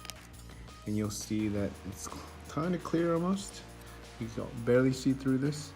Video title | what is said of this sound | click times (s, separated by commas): TOZO T8 Earbuds Review - CHEAP ALTERNATIVE TO AIRPODS??? | this button here and it should pop open and | 0.1 s